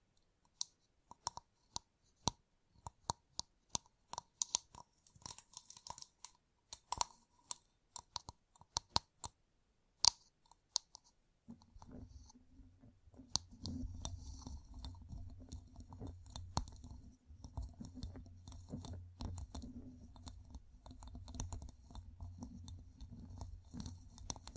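Gem-covered fingertips tap in sharp, irregular clicks for the first twelve seconds, with quiet gaps between bursts. Then a continuous low rumble of scratching takes over, rough and busy, with clicks still scattered through it until the end.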